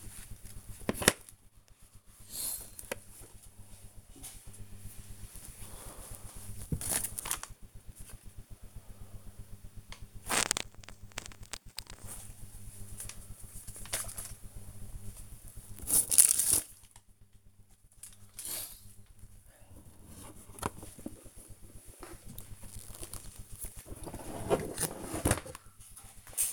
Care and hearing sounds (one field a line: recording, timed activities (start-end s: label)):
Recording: household activities, microphone on the right wrist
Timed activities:
0.00-21.53 s: tidy up the cupboard